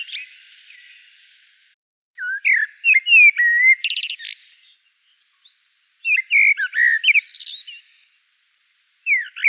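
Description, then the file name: Common blackbird song with two full phrases of flute-like whistles followed by sharp, high buzzy twitters, a faint trailing note at the start and another phrase beginning at the end. "Turdus merula"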